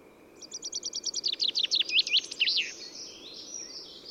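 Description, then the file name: Common chaffinch song opening with evenly repeated high notes, shifting into lower descending notes and a flourish, followed by a soft hiss. "Fringilla coelebs"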